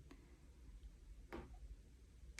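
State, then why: Seated. Resin diamond painting drills that were not fully stuck to an adhesive canvas are pressed down by hand, giving short, sharp clicks over a low background hum. The drills click down and seat into the canvas at 0.1 s, 1.3 s and 2.4 s.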